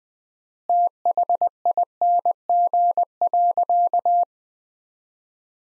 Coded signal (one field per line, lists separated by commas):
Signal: Morse code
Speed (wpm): 20 wpm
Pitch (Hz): 700 Hz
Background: none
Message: THING.